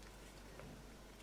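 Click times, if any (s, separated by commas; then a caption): none. A fixed-blade knife is handled at a hand-moulded kydex thermoplastic sheath before being pushed in. A steady low hum runs throughout, with one brief soft knock at about 0.6 s. Nothing has seated or clicked yet, and the retention has not snapped over the blade.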